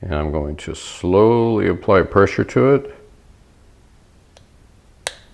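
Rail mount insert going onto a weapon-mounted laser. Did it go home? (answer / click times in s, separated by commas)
yes / 5.1 s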